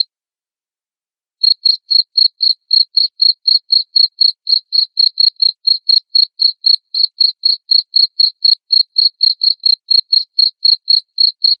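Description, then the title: Cricket chirping: a brief pulse and a short silence, then a steady train of short high pulses about four per second continuing to the end. Loud cricket chirping played to make lovebirds sing continuously. "Suara JANGKRIK NGERIK Keras Bikin LOVEBIRD Jadi NGEKEK Terus Vubey"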